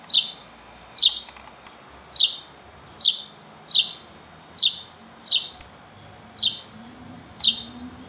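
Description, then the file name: House sparrow giving a series of sharp single chirps, roughly one per second, nine in all. "Passer domesticus"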